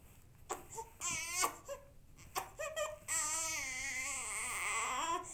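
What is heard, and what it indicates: An infant cries in short, broken bursts that lead into a longer, high-pitched wail with a strong, tonal voice. It is a typical infant cry, in a small room with no other voices.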